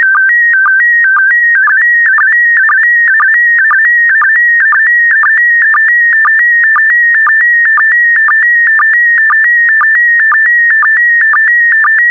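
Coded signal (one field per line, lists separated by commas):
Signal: SSTV (slow-scan television)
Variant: PD120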